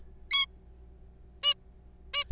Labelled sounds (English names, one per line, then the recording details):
Zebra Finch
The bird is a juvenile
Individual R3428